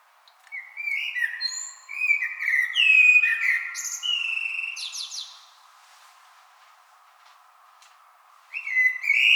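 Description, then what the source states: Common blackbird song: a fluty whistled phrase ending in a higher twitter, then a pause of about three seconds before the next phrase begins. Recorded 26 April 2006.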